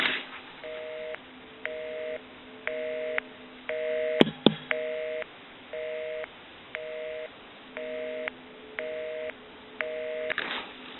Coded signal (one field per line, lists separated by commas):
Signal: telephone call progress tone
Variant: North America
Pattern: busy tone